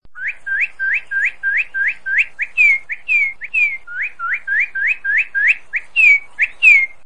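Bird calling in a fast repeated series of short upslurred whistled notes, with some longer downslurred notes mixed in; no other sounds.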